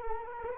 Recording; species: mosquito wingbeat signal from an infrared sensor; Culex quinquefasciatus